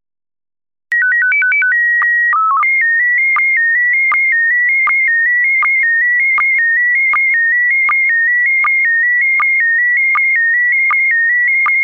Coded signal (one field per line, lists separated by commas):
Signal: SSTV (slow-scan television)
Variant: PD 180